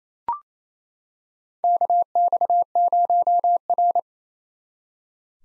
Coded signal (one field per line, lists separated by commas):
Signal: Morse code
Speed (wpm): 28 wpm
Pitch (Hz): 700 Hz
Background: none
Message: KX0R